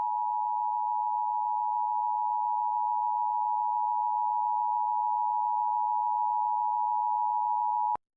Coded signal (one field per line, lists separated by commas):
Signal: Emergency Alert System (SAME) tones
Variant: 853 and 960 Hz attention tone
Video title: Tornado Warning EAS on WLBZ and WABI